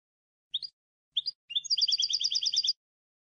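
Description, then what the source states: European goldfinch song: two separate chirps, then a rapid repeated twittering trill of bright high notes; silent background otherwise. Clean goldfinch song for song training by copying.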